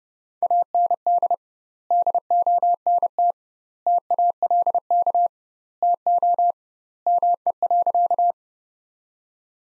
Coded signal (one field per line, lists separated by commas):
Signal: Morse code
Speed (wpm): 30 wpm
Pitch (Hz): 700 Hz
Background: none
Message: AND DONT TALK TO ME.